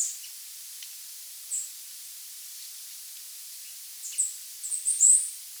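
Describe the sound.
Bird calls: scattered very high, thin notes with long gaps, ending in a quick cluster of sharp chips against a soft hiss.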